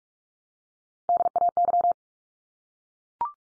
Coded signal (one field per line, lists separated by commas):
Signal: Morse code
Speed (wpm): 44 wpm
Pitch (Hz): 700 Hz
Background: none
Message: DAY